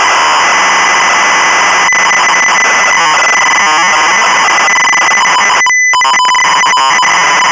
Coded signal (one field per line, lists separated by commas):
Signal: ZX Spectrum tape loading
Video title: The Great Escape (1984) - Sinclair ZX Spectrum (Full Tape Rip / Cassette Load)